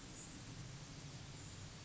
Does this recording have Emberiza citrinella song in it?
no